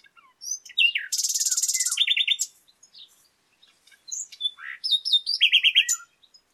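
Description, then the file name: Common nightingale song with a dense buzzy rattle, then quick repeated notes, a short pause, and further rapid trilled phrases. "Luscinia megarhynchos"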